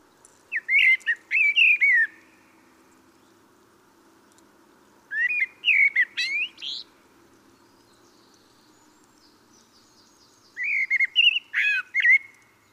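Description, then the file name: Common blackbird with three warbled phrases of low fluted notes and thin high twitters, about five seconds apart. "Turdus merula"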